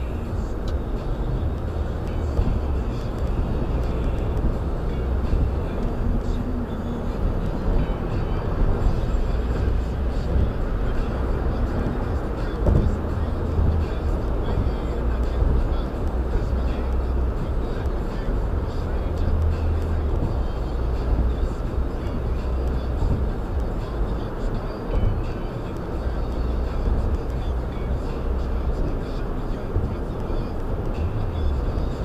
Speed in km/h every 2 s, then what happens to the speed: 105, 109, 114, 116, 118, 121, 121, 118, 116, 114, 114, 113, 113, 113, 113, 114.
0-10 speeds up to 121. 10-32 steady at about 114.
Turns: none.